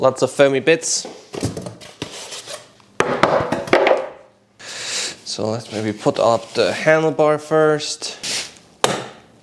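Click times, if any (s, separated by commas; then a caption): 8.8 s. A VSett 9+ electric scooter's folded handlebar is raised into the stem lock while someone talks, with assorted knocks and rustles along the way. The handlebar snaps into its locked position with a sharp click at 8.8 s, and the snap is called satisfying.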